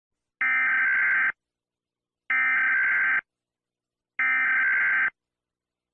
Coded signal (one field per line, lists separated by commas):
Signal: Emergency Alert System (SAME) tones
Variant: header bursts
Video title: These Emergency Alert Systems have gots to go | Degenerocity - Emergencry Alert Systems